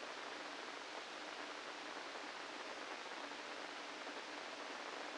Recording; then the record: brain microelectrode recording played as sound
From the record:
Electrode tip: inside the subthalamic nucleus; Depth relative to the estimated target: -2 mm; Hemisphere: right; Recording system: NeuroSet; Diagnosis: Parkinson's disease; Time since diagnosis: 8 years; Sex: male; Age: 65 years